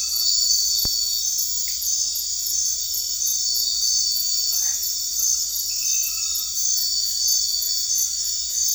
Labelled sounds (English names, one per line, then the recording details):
none
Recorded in secondary vegetation near Puerto Asís, Putumayo, Colombia, on 8 March 2025 at 22:30
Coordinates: 0.499, -76.323
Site G094